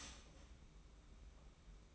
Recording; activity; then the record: daily activity, microphone in the room; start toaster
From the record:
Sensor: 1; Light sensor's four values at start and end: 33/109/42/43 and 33/109/42/43